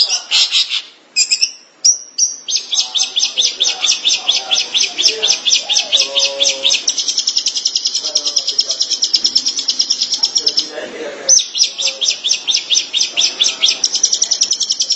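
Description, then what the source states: Long-tailed Shrike song: long sequences of fast, buzzy repeated notes, broken by a few brief pauses. Dated March 2017.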